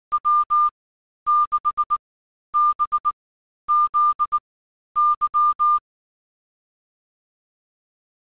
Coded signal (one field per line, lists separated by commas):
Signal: Morse code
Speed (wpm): 19 wpm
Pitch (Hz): 1200 Hz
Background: none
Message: W6BZY